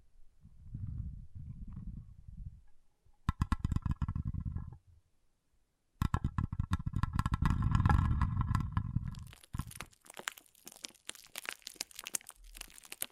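Water beads being stirred and poured, with low rumbling swirls in the first seconds, then bursts of rapid clicking and rattling from about 3 to 5 seconds and again from 6 to 9.5 seconds. Brief silences separate the bursts, and the ending brings thinner, scattered ticking and a bright hiss.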